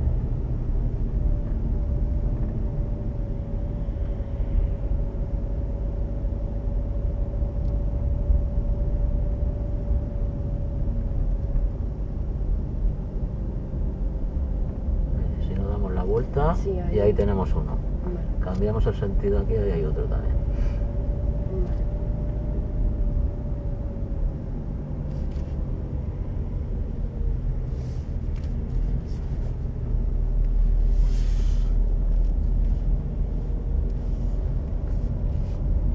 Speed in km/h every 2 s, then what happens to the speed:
27, 26, 25, 26, 26, 25, 24, 24, 24, 25, 27, 27, 23, 21, 19, 20, 22, 24.
0-22 steady at about 25. 22-28 slows to 19. 28-36 steady at about 20.